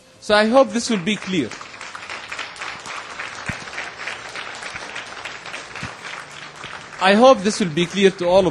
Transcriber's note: applause